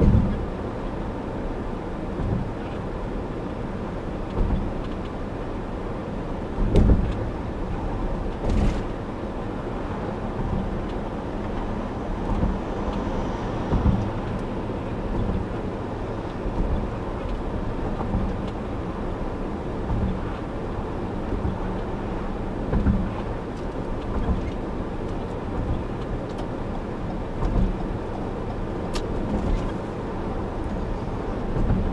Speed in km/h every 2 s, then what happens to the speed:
79, 77, 77, 76, 76, 74, 74, 74, 76, 76, 76, 76, 76, 76, 77, 77.
0-32 steady at about 76.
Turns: none.